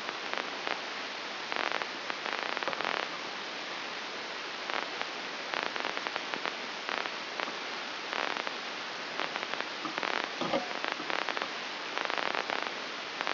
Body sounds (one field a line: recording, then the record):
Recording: brain microelectrode recording played as sound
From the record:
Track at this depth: outside the subthalamic nucleus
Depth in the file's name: 7.26 mm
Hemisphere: left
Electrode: 2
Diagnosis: Parkinson's disease